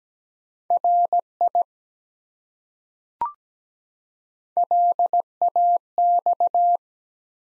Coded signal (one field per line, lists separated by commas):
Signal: Morse code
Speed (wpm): 17 wpm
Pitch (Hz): 700 Hz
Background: none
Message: RI LAX